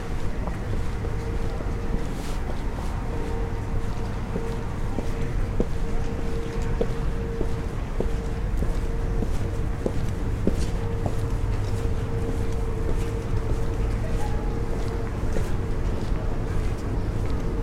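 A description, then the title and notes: A busy city street with a steady wash of crowd murmur and traffic, a held tone near the middle, and scattered sharp clicks throughout. Medieval City Walk | City of York | Relaxing Binaural Field Recording. Join us on a walk through the city's medieval streets, as the sounds of cobbled steps, distant church bells, and bustling crowds transport you to a bygone era.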